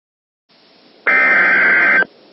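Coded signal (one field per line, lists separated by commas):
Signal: Emergency Alert System (SAME) tones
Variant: header bursts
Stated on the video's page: Scenario compiled from real recordings of Texas fire warning EAS messages.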